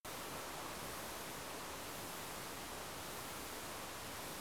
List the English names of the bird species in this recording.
none